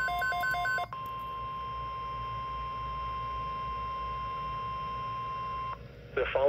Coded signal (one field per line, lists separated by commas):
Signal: Emergency Alert System (SAME) tones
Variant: 1050 Hz attention tone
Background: speech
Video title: EAS #129 NOAA Weather Radio Flash Flood Watch #2 7/16/21 3:17 PM